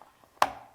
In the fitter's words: push down just make sure you hear that nice satisfying click